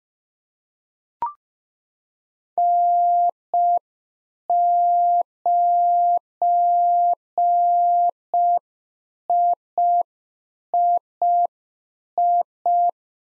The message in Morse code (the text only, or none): N9III